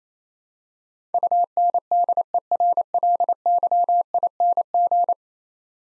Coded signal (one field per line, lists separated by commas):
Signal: Morse code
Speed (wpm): 28 wpm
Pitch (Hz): 700 Hz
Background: none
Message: UNDERLYING